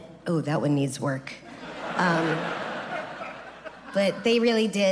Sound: laughter